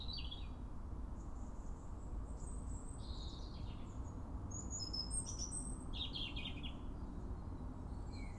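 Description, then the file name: European robin song: scattered high, thin warbled phrases and brief trills with pauses between, over a steady low background rumble. "Erithacus rubecula"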